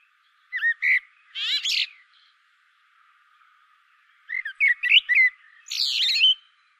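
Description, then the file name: Common blackbird song: two short phrases of mellow whistled notes, each followed by squeaky high twittering, separated by a pause of about two seconds. "Turdus merula"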